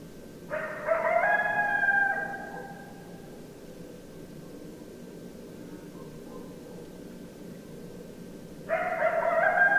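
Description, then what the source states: Coyotes howling in bursts, a layered chorus of wavering tones lasting about two seconds, a quiet gap, then another chorus starting near the end. Several coyotes, recorded 10 December 2012.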